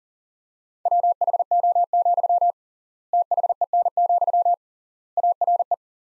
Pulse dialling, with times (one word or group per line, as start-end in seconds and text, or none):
none